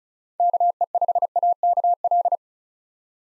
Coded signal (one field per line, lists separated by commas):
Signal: Morse code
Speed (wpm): 36 wpm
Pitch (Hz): 700 Hz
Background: none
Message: KE5AKL